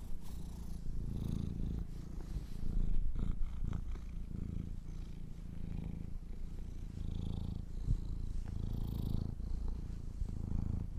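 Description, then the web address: Domestic cat purring, a steady low rumble that swells and fades in slow waves, with faint rustling and soft clicks over it. Kittens purring. "sleepandrelaxasmr. The Purring Kittens"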